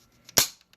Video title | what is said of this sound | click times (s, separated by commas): How to clean a DVD Player laser lens | See how that just clicked in? | 0.4 s